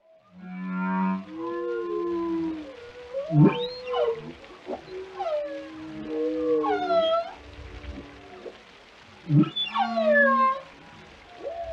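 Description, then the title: Whale vocalizations: low moans and rising and falling whoops, with sweeping upward cries and harmonic tones overlapping. "Whale Tales: A Dive into the Fascinating Behaviors of These Ocean Giants"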